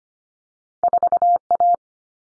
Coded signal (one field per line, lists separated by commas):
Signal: Morse code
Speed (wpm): 25 wpm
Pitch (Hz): 700 Hz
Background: none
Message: 4A